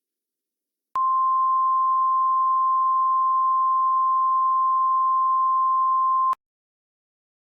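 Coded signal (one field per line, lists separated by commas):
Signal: Emergency Alert System (SAME) tones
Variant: 1050 Hz attention tone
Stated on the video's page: Fictional EAS scenario.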